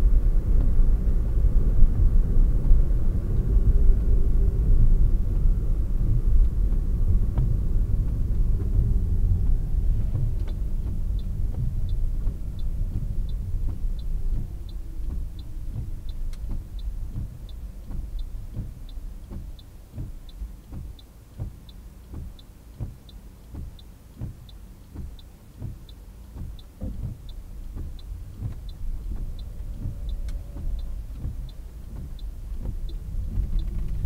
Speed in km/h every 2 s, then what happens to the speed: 58, 56, 50, 45, 38, 29, 23, 16, 11, 5, 4, 2, 2, 2, 5, 6, 7.
0-21 slows to 2. 21-26 standing.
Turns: 14-17.